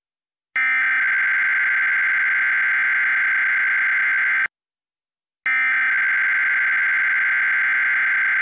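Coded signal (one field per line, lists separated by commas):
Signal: Emergency Alert System (SAME) tones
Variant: header bursts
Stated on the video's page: Required monthly test SAME tones received off television.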